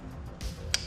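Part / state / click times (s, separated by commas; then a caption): wiring connector into mass airflow sensor on intake tube / seated / 0.7 s. A plastic electrical connector is pushed back onto the mass airflow sensor on the intake tube during an AEM intake install on a Honda Pilot. After a duller bump around 0.4 s, a single sharp click sounds at 0.7 s. The connector is seated and locked.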